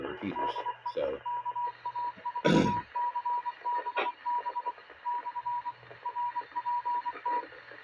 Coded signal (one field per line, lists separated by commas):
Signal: Morse code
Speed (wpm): 24 wpm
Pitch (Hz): 970 Hz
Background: speech, radio noise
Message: DE KA4CBB / RPT